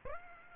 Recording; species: mosquito wingbeat signal from an infrared sensor; Aedes aegypti